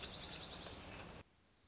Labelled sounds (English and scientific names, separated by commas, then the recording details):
Dark-eyed Junco (Junco hyemalis)
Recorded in Sonoma County, California